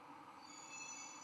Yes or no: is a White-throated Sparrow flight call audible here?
no